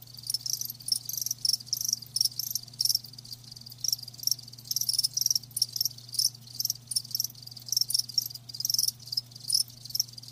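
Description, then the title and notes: Crickets chirping in bright, high pulsed bursts that come several times a second, over a steady low hum. Live crickets, offered as a lulling song to help with sleep. "Live Crickets Chirping. Enjoy the lulling song of crickets"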